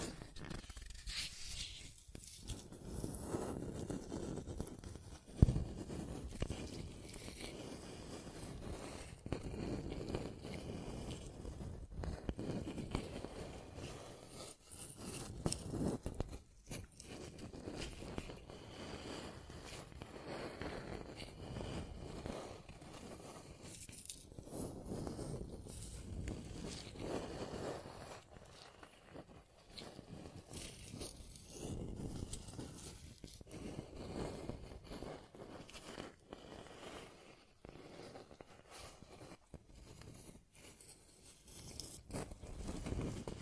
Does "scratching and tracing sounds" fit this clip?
yes